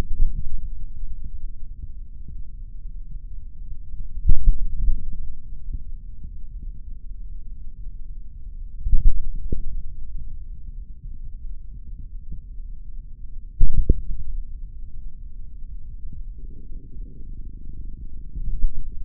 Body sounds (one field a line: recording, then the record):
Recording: forearm muscle sounds (acoustic myography)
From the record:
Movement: finger pinch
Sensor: system 3, bracelet of six PUI Audio POM-2738L microphones around the upper forearm, with dedicated amplification and filtering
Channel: 6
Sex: male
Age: 26 years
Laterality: right